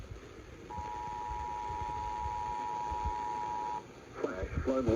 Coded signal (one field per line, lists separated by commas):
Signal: Emergency Alert System (SAME) tones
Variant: 853 and 960 Hz attention tone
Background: speech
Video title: FLOODZ WITH FLOODZ ON THE SIDE - EAS Alerts on 8/16/2022 (EAS #193-196)